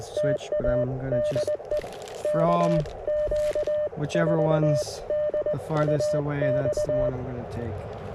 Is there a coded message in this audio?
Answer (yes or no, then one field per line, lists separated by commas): yes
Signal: Morse code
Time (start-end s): 0.2-7.1 s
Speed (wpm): 20 wpm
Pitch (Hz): 590 Hz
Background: speech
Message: TA DE KQ4DUX